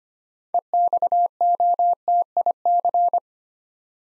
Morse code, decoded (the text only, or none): EXOTIC